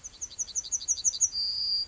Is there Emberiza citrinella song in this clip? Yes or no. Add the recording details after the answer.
yes. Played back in grassland. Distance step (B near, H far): D. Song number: 122